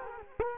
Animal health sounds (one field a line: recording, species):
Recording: mosquito wingbeat signal from an infrared sensor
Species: Culex quinquefasciatus